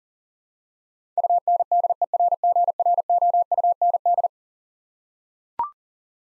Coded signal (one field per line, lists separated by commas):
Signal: Morse code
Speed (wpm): 40 wpm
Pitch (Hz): 700 Hz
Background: none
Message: UNDERGROUND